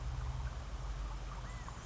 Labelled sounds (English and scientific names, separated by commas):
California Quail (Callipepla californica)